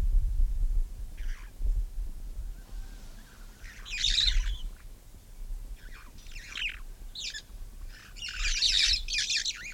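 Red-fronted parrot uttering scattered harsh squawks that grow louder and fuller toward the end, over a low background rumble.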